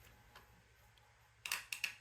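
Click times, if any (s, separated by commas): 1.5 s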